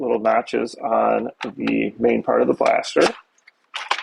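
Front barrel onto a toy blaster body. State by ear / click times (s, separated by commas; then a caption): seated / 3.8 s, 3.9 s. Someone talks while lining up the tabs of the plastic front barrel with the notches on the body of a Winblumon M416 gel ball blaster and turning it until it locks. Short clicks are heard at 3.8 s and 3.9 s as the front barrel twist-locks into place.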